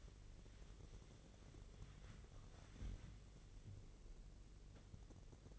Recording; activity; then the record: daily activity, microphone in the room; wipe stove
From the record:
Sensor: 4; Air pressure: 1013.2 hPa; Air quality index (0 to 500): 178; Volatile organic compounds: 2 ppm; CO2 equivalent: 1122 ppm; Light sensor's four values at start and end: 94/235/97/103 and 94/237/98/104